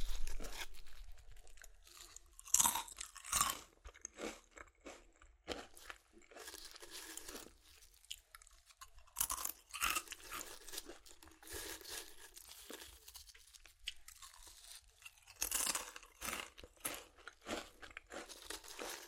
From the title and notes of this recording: ASMR Satisfying Chips Crunchy Crushing & Eating Sounds (No Talking).